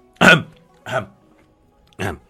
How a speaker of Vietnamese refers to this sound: Khó khăn nuốt một ngụm nước miếng, ho khan 2 tiếng.